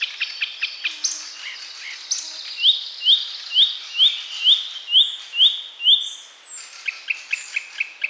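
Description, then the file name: Icterine warbler song: quick clicking notes, then a clear upslurred whistle repeated about eight times in an even series, followed by more rapid ticking notes. "Zelyonaya peresmeshka"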